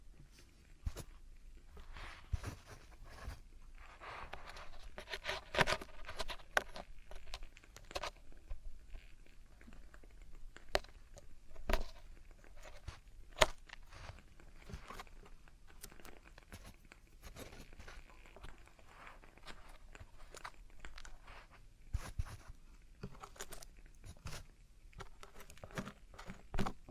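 Traditional Chinese ear cleaning and earwax removal, heard as continuous scraping and scratching broken by frequent sharp crackles and clicks at an irregular pace. A soft, low rustle runs underneath, and the loudest pops come around 5, 12 and 13 seconds.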